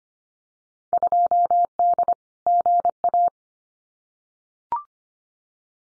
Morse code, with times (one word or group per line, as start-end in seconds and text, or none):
0.9-2.1 2D
2.5-3.3 GA